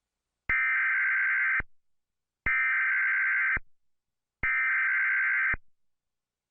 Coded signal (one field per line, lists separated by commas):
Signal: Emergency Alert System (SAME) tones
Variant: header bursts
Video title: EAS ALARM NO WAYY 9all-clear) (fake)